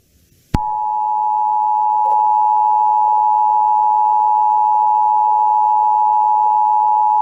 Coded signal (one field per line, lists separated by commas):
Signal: Emergency Alert System (SAME) tones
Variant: 853 and 960 Hz attention tone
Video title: Online Radio Relay Mayhem | EAS 78-89